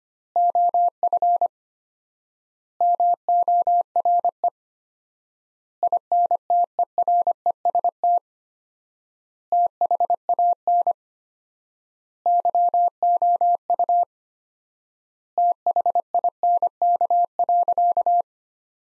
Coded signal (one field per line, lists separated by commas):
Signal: Morse code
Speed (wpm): 25 wpm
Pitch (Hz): 700 Hz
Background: none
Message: OF MORE INTEREST THAN YOU THINK.